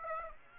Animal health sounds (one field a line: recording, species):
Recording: mosquito wingbeat signal from an infrared sensor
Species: Aedes aegypti